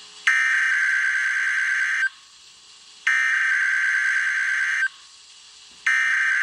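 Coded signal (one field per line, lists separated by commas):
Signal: Emergency Alert System (SAME) tones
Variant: header bursts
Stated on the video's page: Required Weekly Test from a NOAA weather radio station in Waco, Texas.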